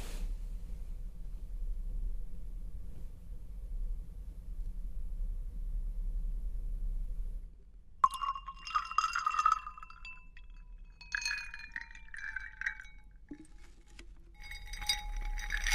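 A low steady rumble fills the first half, then bright glassy clinks, taps and scratches of crystals and beads come in bursts from eight seconds.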